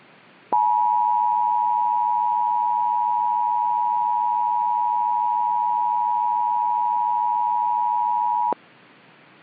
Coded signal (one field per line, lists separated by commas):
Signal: Emergency Alert System (SAME) tones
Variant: 853 and 960 Hz attention tone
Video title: The Cyclone (EAS Scenario)